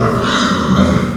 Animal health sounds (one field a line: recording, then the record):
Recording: squeal of a Yucatan mini pig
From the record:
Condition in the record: after surgery on the right vocal fold (resection and tissue-engineered implant)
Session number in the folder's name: 12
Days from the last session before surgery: 105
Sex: female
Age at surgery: 19 weeks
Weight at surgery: 25 kg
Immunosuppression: prednisolone